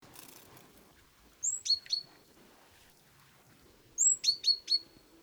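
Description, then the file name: Great tit calls twice, each a high slurred whistle then a run of sharp descending notes. "Parus major"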